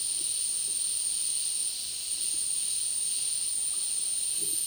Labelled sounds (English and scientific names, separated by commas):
none